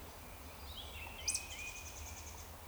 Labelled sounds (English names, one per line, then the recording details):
Eurasian Woodcock whistle
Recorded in Baden-Württemberg, Germany, on 28 May 2021 at 19:28 UTC
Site 46435, 986 m above sea level